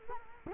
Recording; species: mosquito wingbeat signal from an infrared sensor; Culex quinquefasciatus